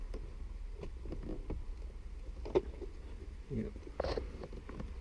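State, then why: Seated. A plastic JDM gauge cluster cover/visor piece on a Toyota 86 GTS is pushed gently into the dashboard while someone talks over a low background hum with light tapping. A sharp click sounds at 4.0 seconds as the trim piece seats in place.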